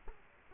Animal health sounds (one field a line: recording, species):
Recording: mosquito wingbeat signal from an infrared sensor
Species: Culex quinquefasciatus